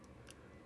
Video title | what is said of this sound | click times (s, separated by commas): Xpedition - RAVEK Speakeasy Turn Signal Kit Installation Walkthrough | You can see it come through. And they actually do clip right nicely and tight. | 0.3 s